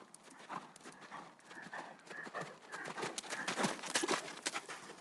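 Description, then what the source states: Horses galloping, a rapid irregular run of sharp hoof thuds on loose ground, growing louder toward the end. Horses galloping outdoors on sand.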